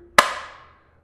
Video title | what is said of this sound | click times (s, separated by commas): Glock AIWB Holster Review - Shinobi Kydex | As I said earlier on, it's got a very nice tactile click. | 0.2 s